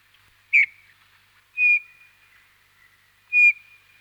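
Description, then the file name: Eurasian bullfinch calling with three mellow, piping whistles that dip slightly in pitch, spaced roughly one to two seconds apart. Recorded in winter. "Jean C Roch Pierre Palengat - Hiver bouvreuil pivoine"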